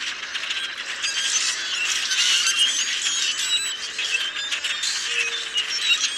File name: Common Grackle